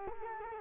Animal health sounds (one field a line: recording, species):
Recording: mosquito wingbeat signal from an infrared sensor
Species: Culex quinquefasciatus